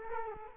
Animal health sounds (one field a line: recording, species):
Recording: mosquito wingbeat signal from an infrared sensor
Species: Aedes aegypti